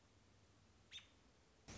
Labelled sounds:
American Robin (Turdus migratorius)
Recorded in Sonoma County, California

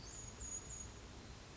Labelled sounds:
Western Flycatcher (Empidonax difficilis)
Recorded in Sonoma County, California

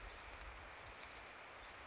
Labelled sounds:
Pacific Wren (Troglodytes pacificus)
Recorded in Sonoma County, California

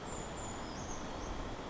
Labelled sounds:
Brown Creeper (Certhia americana)
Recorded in Sonoma County, California

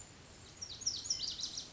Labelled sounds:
Lazuli Bunting (Passerina amoena)
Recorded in Sonoma County, California

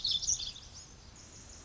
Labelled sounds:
Pacific Wren (Troglodytes pacificus)
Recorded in Sonoma County, California

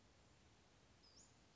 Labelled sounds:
Western Flycatcher (Empidonax difficilis)
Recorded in Sonoma County, California

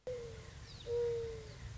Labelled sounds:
Mourning Dove (Zenaida macroura)
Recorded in Sonoma County, California

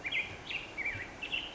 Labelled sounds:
Black-headed Grosbeak (Pheucticus melanocephalus)
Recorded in Sonoma County, California

